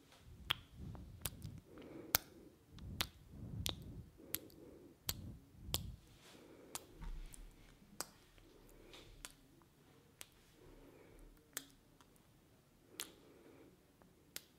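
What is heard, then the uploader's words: Sharp mouth clicks and tongue taps recur every second or so between soft breaths, heavier and lower in the first six seconds. ASMR Mouth Sounds (Kisses, Sk, Tk, Mouth Clicking, Breathing).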